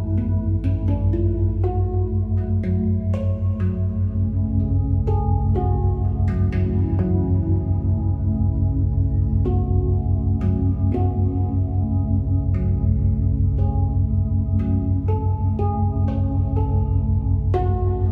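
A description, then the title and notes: Binaural beats hum as a steady, deep drone with a fast, even pulsing in the low end that never lets up. Ringing, bowl-like tones sit above it, and short bright clicks or taps break in irregularly every second or two throughout. Binaural beats.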